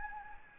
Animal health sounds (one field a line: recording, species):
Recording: mosquito wingbeat signal from an infrared sensor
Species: Anopheles gambiae